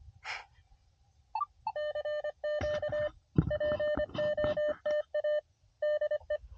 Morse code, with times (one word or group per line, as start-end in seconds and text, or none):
1.8-3.1 CQ
3.5-5.4 POTA
5.8-6.4 DE